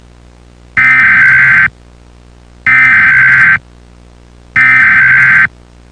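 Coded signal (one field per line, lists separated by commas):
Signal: Emergency Alert System (SAME) tones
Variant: header bursts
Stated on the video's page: Fictional EAS scenario.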